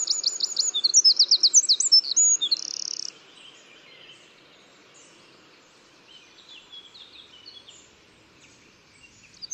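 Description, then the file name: Eurasian wren song: a fast, high, tumbling run of sharp notes and a buzzy trill lasting about three seconds, then faint chirps over quiet background. "Troglodytes troglodytes"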